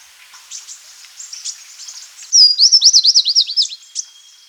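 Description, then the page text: Rufous-winged fulvetta giving soft high chips, then a loud rapid series of about ten looping high notes. Calls and song. "Rufous-Winged Fulvetta Calls and Song. Quick Sounds"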